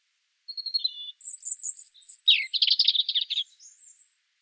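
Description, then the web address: European Robin song phrase: a thin, high whistled note, then a rapid tinkling high twitter, then a scratchy, buzzy warble lower down. The phrase lasts about three seconds in quiet surroundings. "erithacus rubecula call"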